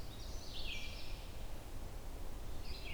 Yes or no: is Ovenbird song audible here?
no